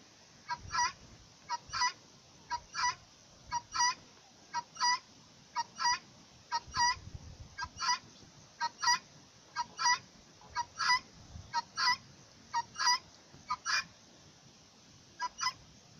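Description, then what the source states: Chicken (Iranian Bec): chicken giving short, bright harmonic calls, often in quick pairs, repeated roughly once a second over a low, rumbling background. Iranian Bec chicken breed.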